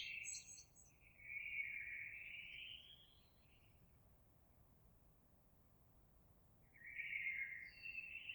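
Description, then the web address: Eurasian blackbird song phrases, fluty and warbling with a brief high twitter at the start, heard over a steady background hiss. Recorded 26 April 2022. "oiseaux Merle 2022 04 26"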